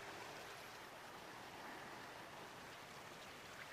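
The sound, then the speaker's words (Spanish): Ocean waves wash onto a tranquil, deserted beach, heard from a balloon above, in a steady, soft hiss of surf, with no single crash standing out and no voices. “Ahora está pasando sobre una tranquila playa desierta y desciende un poco el globo para escuchar y ver las olas desde lo alto.”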